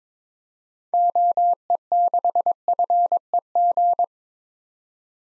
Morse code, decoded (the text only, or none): OE6FEG